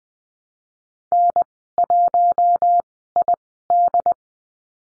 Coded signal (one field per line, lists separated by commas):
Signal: Morse code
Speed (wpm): 20 wpm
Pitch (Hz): 700 Hz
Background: none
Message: N1ID